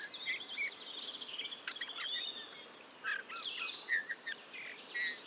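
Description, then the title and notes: Eurasian bullfinch giving a soft, chattering warble of quick high notes and slurred whistles, with steady hiss underneath. Male in breeding plumage perched on a budding blackthorn, La Sarcena, Drôme, France, 15 March 2020; soft babbling song barely audible to the ear; recorded with parabola, Nagra Seven, Telinga Pro7. "LE CHANT DE LA DISCRETION. 15 mars 2020-La Sarcena - Drôme. Bouvreuil pivoine (Pyrrhula pyrrhula) mâle"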